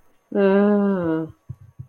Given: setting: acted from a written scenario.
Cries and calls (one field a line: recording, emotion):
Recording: vocal sound without words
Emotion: embarrassment